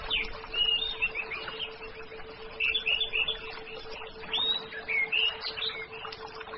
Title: Anis Merah